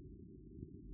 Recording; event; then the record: neck accelerometer signal played as sound; no cough (speech, laughter, throat clearing or background)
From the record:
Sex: female